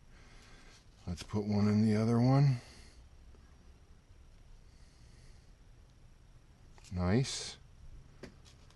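A small part on an RC model is pushed into a 3D-printed plastic mount while someone talks. A short, sharp click at 8.2 seconds marks the part popping in and seating.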